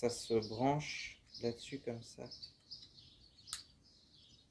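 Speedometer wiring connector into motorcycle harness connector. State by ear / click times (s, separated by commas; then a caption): seated / 3.5 s. A new speedometer's wiring connector is plugged onto the harness connector of a Yamaha XT125X motorcycle. Someone talks, then a short, sharp click sounds at 3.5 s as the connector clips in and seats, with faint high-pitched chirps in the background.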